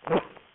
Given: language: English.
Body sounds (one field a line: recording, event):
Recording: throat vibration sensor signal played as sound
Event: cough